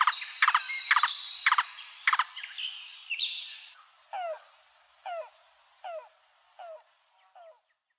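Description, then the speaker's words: Yellow-billed Cuckoo call: a fast, loud run of notes, then several slower separate notes about every three quarters of a second, fading. Called a rain crow because it is supposed to foretell rain; call described as very different from its European cousin's; North America. "But ours gives this very different call. This is the yellow-billed cuckoo."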